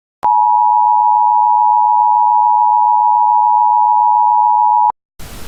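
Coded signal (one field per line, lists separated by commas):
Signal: Emergency Alert System (SAME) tones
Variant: 853 and 960 Hz attention tone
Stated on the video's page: Fictional EAS scenario.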